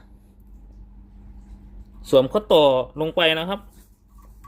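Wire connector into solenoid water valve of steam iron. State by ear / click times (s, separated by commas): not seated / none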